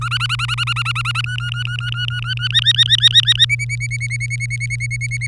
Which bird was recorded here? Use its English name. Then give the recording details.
Domestic Canary. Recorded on 24 April 2018 at 09:26. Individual llb3